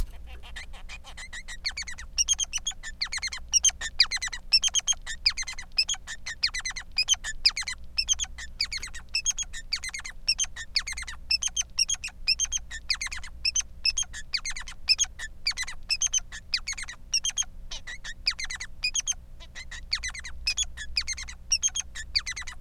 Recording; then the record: song of a male Bengalese finch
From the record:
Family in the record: son of father 3